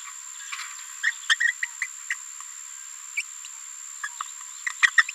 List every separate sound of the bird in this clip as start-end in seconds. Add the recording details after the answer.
1.03-1.11, 1.29-1.35, 1.40-1.52, 1.82-1.87, 2.10-2.14, 3.17-3.22, 4.03-4.08, 4.82-4.87, 4.98-5.03. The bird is a female. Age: 27 days. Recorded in a nest box in Venezuela. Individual 17B73B2